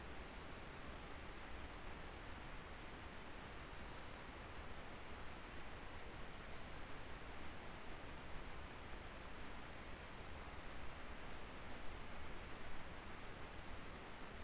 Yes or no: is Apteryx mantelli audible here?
no